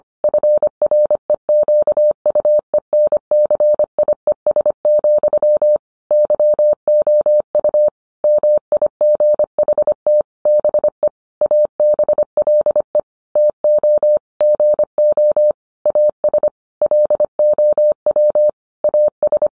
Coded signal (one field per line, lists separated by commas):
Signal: Morse code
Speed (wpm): 25 wpm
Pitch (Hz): 600 Hz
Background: none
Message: FREQUENCIES, YOU MIGHT BE ABLE TO GO AS LOW AS